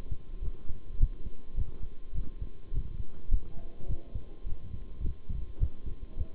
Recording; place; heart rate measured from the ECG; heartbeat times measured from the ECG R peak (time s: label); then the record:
heart sounds by stethoscope; between the tricuspid and mitral areas; 104 bpm
0.42 s: heartbeat
0.99 s: heartbeat
1.56 s: heartbeat
2.15 s: heartbeat
2.73 s: heartbeat
3.30 s: heartbeat
3.88 s: heartbeat
4.46 s: heartbeat
5.03 s: heartbeat
5.60 s: heartbeat
6.17 s: heartbeat
From the record:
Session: bicycle stress test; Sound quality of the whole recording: good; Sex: male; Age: 23 years